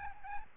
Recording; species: mosquito wingbeat signal from an infrared sensor; Aedes albopictus